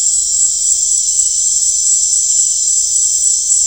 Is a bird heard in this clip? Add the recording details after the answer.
no. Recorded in dense forest near Puerto Asís, Putumayo, Colombia, on 16 December 2024 at 19:00. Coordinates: 0.499, -76.324. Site G045